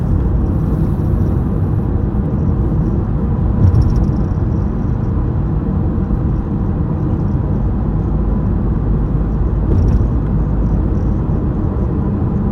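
Inside a car driving along an elevated city expressway, a dense, steady low road rumble fills the whole recording with little change in level. Faint high ticks or knocks stand out briefly around four and ten seconds, over the constant drone of tires and engine.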